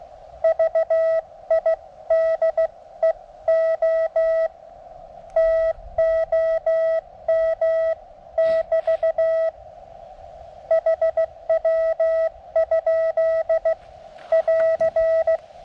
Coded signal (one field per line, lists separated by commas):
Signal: Morse code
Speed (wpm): 15 wpm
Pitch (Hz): 1950 Hz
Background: none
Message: VIDEO TOM<BT> HW? <AR>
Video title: 17' Whip Resonant ~ NO Antenna Tuner Needed! ~ QRP Mountain Topper MTR 3B